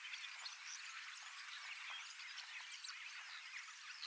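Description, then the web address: Common starling chorus packed with twittering whistles, squeaks and buzzy notes, many birds singing at once in a continuous stream. Large flock of young birds practising song in preparation for next spring; recorded 25 August 2026 in Finland. "paivat 25 8 2026 iso kottaraisten nuorisoparvi valmistautuu ensi kevaaseen lauluharjoittelemalla"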